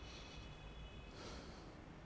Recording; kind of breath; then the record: one breath in and out by a microphone near the nose and mouth; deep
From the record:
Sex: male